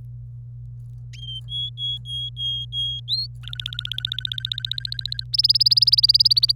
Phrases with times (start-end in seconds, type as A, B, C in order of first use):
1.48-3.00 A, 3.08-3.27 B, 3.43-5.24 C, 5.33-6.52 D